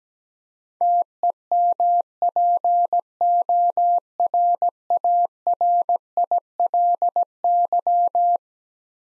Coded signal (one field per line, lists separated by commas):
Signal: Morse code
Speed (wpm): 17 wpm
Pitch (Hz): 700 Hz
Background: none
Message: TEMPORARILY